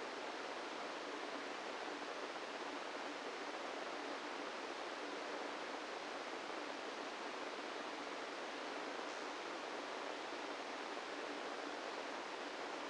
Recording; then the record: brain microelectrode recording played as sound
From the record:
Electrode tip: inside the subthalamic nucleus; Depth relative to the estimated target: -3 mm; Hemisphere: right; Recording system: NeuroSet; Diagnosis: Parkinson's disease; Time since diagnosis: 17 years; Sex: male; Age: 64 years